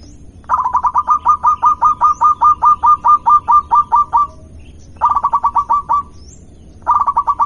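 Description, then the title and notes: Zebra dove giving a long string of rapid, rhythmic notes, a brief pause, then two shorter bursts; a faint low hum runs throughout. Local-type zebra dove (perkutut lokal). "Kicau Perkutut Lokal. Kicau Burung Perkutut"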